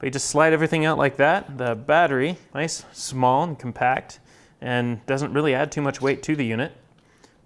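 Someone talks while handling a VISUO XS812 Private Eyes foldable quadcopter, whose small flight battery had almost fallen out because it was not clicked in and is being pushed back into the drone's plastic body. Speech fills most of the clip, followed by two faint, brief taps near 7.0 s and 7.2 s as it quiets. The battery has not clicked into place yet.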